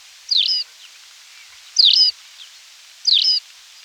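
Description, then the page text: Tawny pipit song: three clipped, high, ringing chirps, well spaced, against a soft continuous hiss. "Tawny Pipit Song. Quick Sounds"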